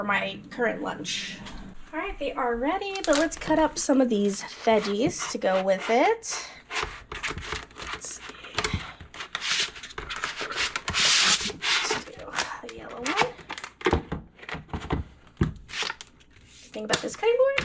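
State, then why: Not seated. Someone talks while handling a removable insert for a cutting board, with scattered sharp knocks and rustling around 8.6 s, 12.4 s, 16.9 s and 17.6 s. The insert has not seated or snapped into the board yet.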